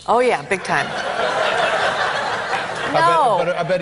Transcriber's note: laughter